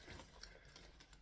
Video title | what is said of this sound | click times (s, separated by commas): Derica Handbag by Tobystylx sewing tutorial | turn the back the other way so it fits see how it just kind of you maneuver it around and it just clicks into place | 0.4 s